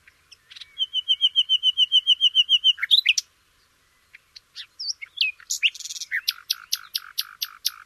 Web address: shamanippon-2012 Nightingale